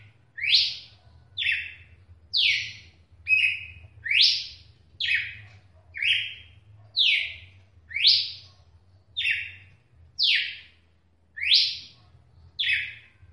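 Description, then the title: Red-cowled cardinal song: loud whistled notes about once per second, alternating downslurred high notes with lower, flatter ones, over a steady low hum. "Galo De Campina"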